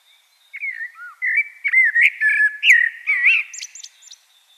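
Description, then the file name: Common blackbird song, one continuous phrase of varied rising and falling flute-like notes ending in a few thin, high squeaks. "Turdus merula"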